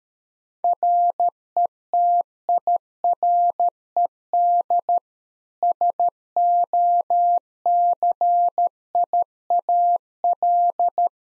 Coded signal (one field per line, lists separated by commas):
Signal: Morse code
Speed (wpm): 13 wpm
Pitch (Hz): 700 Hz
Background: none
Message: RETIRED SOCIAL